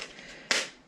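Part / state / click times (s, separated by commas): plastic clip-on piece of a cat ball-track toy / not seated / none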